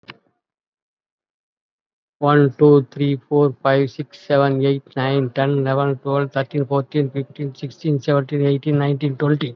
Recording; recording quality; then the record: counting at a fast pace; excellent, no background noise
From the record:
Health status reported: COVID-19 positive, mild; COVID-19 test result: positive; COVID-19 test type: RT-PCR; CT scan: taken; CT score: 5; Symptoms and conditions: cough, breathing difficulty, fever, another respiratory illness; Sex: male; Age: 56 years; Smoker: no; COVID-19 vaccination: none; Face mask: not worn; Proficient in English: no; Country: India